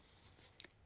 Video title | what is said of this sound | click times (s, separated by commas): Introducing v7 and Start of Prototype Testing | and then bring it right up snaps right into place the track keeps a nice lip | 0.6 s